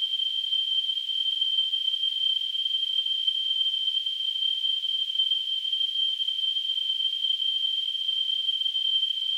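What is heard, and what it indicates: A steady, piercing high-pitched tone close to 3 kHz, with a soft hiss above it, holds unchanged for about nine seconds. This is a simulation of tinnitus, the ringing or whistling heard in the ears when no outside sound is present.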